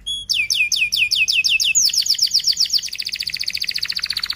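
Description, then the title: Canary song: a clear note, then a fast series of falling whistled sweeps that runs into a tight rolling trill. Domestic canary in full, rapid, dense chirping song, played as a lure to teach young canaries to sing. "Kenari Gacor Speed RAPAT Cuit Cuit Ngero L Untuk Pancingan Kenari Paud Belajar Bunyi"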